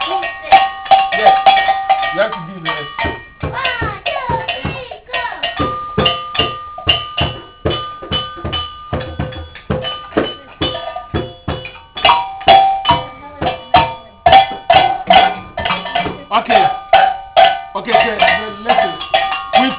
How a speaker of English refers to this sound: Can I use the bell? Can I use that one? I don't think it's comfortable. Can I use that one? It's okay. Whatever bell is okay.